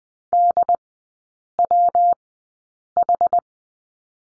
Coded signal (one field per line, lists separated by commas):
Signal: Morse code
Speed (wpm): 20 wpm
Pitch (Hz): 700 Hz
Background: none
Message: DWH